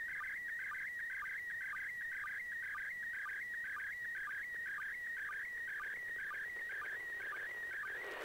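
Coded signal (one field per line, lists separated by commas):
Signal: SSTV (slow-scan television)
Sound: warbling tone around 1.9 kHz with steady low clicks about twice a second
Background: radio static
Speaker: I'm gonna play a play basically a sound from that I captured from the ISS pass over doing that slow scan TV and I've got the mm SS TV software runnin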